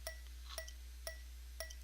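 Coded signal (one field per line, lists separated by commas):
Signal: tap code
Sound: about five short metallic taps with a ringing tone, evenly spaced, then cut off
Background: low electrical hum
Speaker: the word that it sent me is zebra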